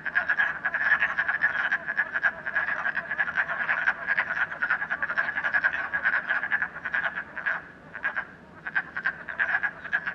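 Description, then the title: Dense frog chorus of pulsed croaks, steady for most of the stretch, thinning to a brief lull before resuming. Frogs in a puddle at night in Canada, recorded during COVID-19. "Frogs, Night, Train, Canada"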